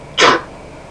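A single abrupt, hissing burst lasting about a fifth of a second, rising sharply then fading into a quiet background: one short sneeze from an adult, a sound effect.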